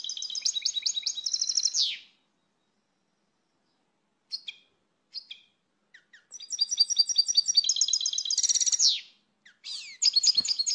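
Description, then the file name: Finch twittering song: a two-second chattering phrase, scattered single chirps, then a longer burst of fast tinkling and buzzy notes, and a short final burst. "Canto do pintassilgo"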